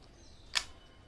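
A OnePlus Buds earbud is dropped into its slot in the charging case, where a magnet pulls it into place. A single short, bright click sounds at 0.6 s over a quiet background. The earbud is seated magnetically.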